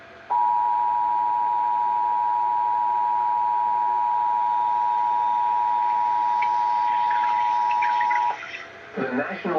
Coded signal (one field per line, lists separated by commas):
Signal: Emergency Alert System (SAME) tones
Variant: 853 and 960 Hz attention tone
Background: speech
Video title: Eas Alert #200: Tornado Watch 27 for parts of IL/IN/OH (Feb 27, 2024)